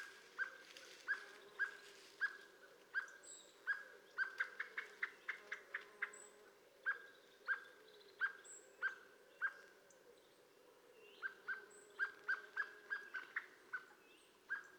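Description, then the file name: Common blackbird calls: short, sharp mid-pitched notes repeated steadily, sometimes in quick clusters, over a low steady hum and faint high chirps. "Turdus merula"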